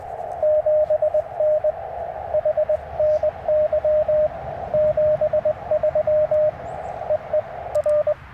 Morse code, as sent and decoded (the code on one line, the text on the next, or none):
--... -. / .... -. -.-- / --... ...-- / . . / .-.
7N HNY 73 EE R